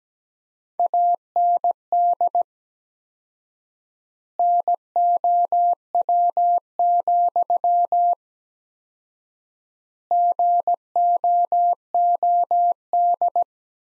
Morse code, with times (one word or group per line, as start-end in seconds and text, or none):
0.8-2.4 AND
4.4-8.1 NOW,
10.1-13.4 GOOD